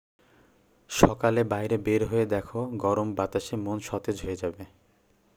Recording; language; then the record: elicited speech; Bengali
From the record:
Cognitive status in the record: cognitively healthy